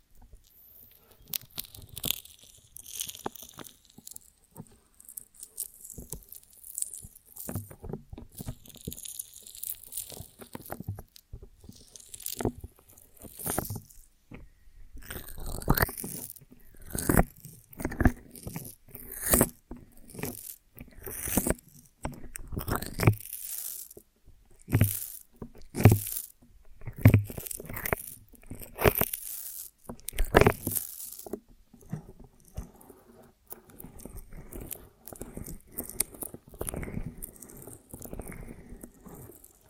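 Honeycomb on a branch being bitten and chewed, with sticky crunching and tearing sounds. The crunches come in dense, uneven bursts that pick up and grow louder around the middle, with sharp crackling peaks, then thin out toward the end.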